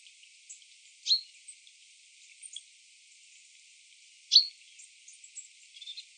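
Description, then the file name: Common chaffinch calling twice, about three seconds apart, each a crisp ringing note, with scattered faint high chips and soft background hiss. "Fringilla coelebs"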